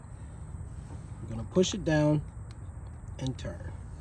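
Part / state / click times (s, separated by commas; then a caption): propeller onto drone motor mount / not seated / none. A plastic drone propeller is being handled over its motor mount, to be pushed down and twisted until it twist-locks, while someone talks. The clip ends before the propeller goes home, so nothing has seated or clicked yet.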